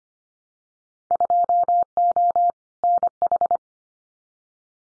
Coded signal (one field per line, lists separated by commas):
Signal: Morse code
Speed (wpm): 25 wpm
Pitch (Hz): 700 Hz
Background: none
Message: 2O NH